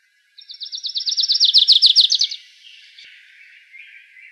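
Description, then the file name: Grace's warbler song: a fast, buzzy trill of repeated chips swelling in volume over two seconds, then fading, with soft background bird notes afterward. Recorded in Arizona on 16 May 2003. "GRWA 3 deviche"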